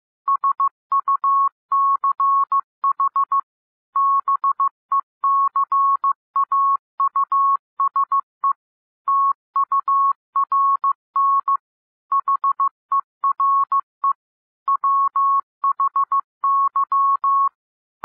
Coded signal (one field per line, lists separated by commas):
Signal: Morse code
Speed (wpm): 15 wpm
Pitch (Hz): 1100 Hz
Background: none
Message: SUCH BECAUSE TURN HERE WHY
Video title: Improve Your Morse Code 12-15 WPM - 15-15 WPM